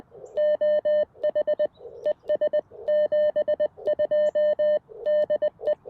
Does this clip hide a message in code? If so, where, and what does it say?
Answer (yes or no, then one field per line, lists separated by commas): yes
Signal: Morse code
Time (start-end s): 0.4-5.7 s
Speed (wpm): 21 wpm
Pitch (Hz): 600 Hz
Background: none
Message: OH ES 72 DE